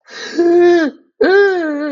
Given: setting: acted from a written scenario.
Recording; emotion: vocal sound without words; fear